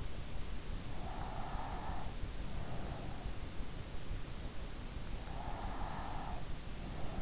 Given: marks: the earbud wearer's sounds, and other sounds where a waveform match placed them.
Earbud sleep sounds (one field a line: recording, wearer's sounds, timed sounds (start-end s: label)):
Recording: sounds in sleep by an in-ear microphone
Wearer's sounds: breath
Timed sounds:
0.83-2.30 s: breath
5.20-6.63 s: breath